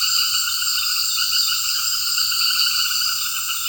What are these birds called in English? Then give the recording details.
none. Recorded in secondary vegetation near Puerto Asís, Putumayo, Colombia, on 18 February 2024 at 18:30. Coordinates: 0.481, -76.323. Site G6376